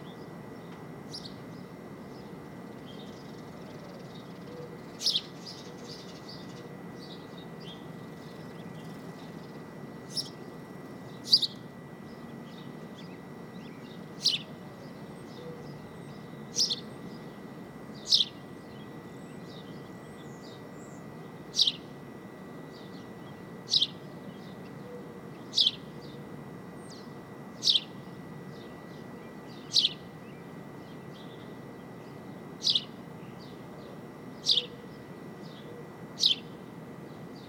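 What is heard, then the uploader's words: Birds call in short, sharp, bright chirps that repeat roughly every two seconds from about five seconds on, growing more regular toward the end. Beneath them runs a steady low rumble and a thin constant whine. Brooklyn, Rooftop 5 - 8-20, Some Birds by Bandeto.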